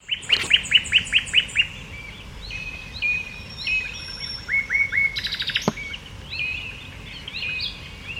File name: Luscinia megarhynchos